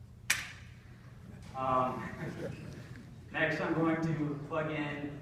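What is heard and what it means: A 3D printed plastic rail snaps onto a CubeSat frame with a loud, sharp click at 0.3 s, seating it in place. Someone then talks.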